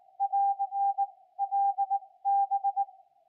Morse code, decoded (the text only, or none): <AR> LB